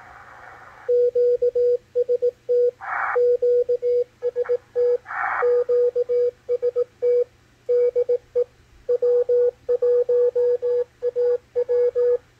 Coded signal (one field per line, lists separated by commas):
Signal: Morse code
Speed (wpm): 18 wpm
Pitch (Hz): 490 Hz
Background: radio noise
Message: QST QST QST DE W1AW